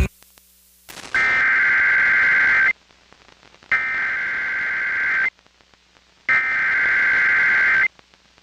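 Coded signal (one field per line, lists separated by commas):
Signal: Emergency Alert System (SAME) tones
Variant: header bursts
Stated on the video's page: Flash flood warning activation relayed on an FM broadcast station at 101.1.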